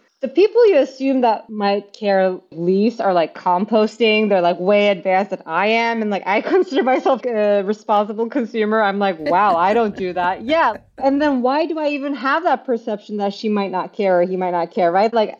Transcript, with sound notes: And the people you assume that might care, leaves are like composting. They’re like way advanced than I am. And like I consider myself a responsible consumer. (laughs), I’m like, ‘wow, I don’t do that’. Yeah, and then why do I even have that perception that she might not care, or he might not care, right,